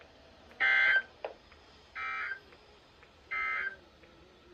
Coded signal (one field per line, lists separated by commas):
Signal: Emergency Alert System (SAME) tones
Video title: Minor Outburst (EAS 293-297)